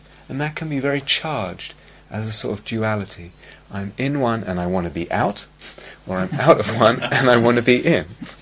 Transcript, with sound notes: And that can be very charged as a sort of duality: "I'm in one, and I want to be out," [laughter] or "I'm out of one, and I want to be in."